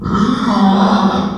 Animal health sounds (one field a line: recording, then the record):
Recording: squeal of a Yucatan mini pig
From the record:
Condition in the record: after surgery on the right vocal fold (resection and tissue-engineered implant)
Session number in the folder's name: 16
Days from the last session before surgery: 183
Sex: female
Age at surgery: 19 weeks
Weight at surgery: 25 kg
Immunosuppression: prednisolone